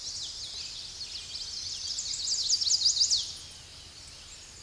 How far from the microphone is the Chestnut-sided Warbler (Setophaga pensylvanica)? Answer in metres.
about 20 m